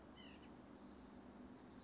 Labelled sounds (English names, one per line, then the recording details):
White-breasted Nuthatch
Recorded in Sonoma County, California